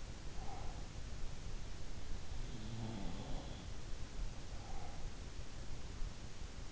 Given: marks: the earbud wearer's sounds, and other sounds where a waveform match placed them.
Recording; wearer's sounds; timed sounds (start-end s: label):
sounds in sleep by an in-ear microphone; breath
0.14-0.91 s: breath
2.50-3.54 s: sound from someone else or the room
4.39-5.23 s: breath